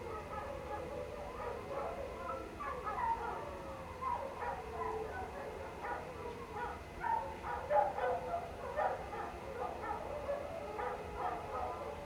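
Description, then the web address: A group of canines howling and yipping, quavering tones weaving over one another. Pack of canines howling outdoors late at night in cold winter air, alongside a man-made water fountain. "Omar Alvarado - Minimal ambiences ambience outdoors late night, cold winter air, pack of canine howling into the night and man made water fountain. Sonniss"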